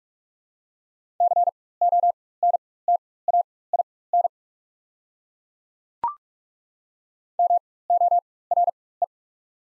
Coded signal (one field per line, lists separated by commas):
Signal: Morse code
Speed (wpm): 42 wpm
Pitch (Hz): 700 Hz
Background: none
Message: CONTAIN MORE